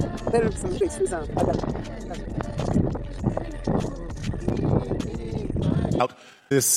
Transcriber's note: wind blowing